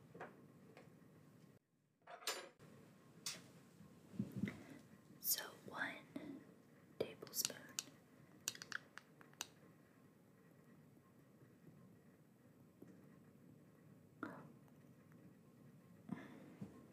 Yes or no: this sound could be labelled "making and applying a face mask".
yes